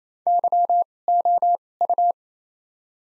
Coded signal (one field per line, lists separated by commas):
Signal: Morse code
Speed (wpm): 28 wpm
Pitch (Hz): 700 Hz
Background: none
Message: Y O U